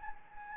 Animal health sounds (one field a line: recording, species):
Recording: mosquito wingbeat signal from an infrared sensor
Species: Anopheles gambiae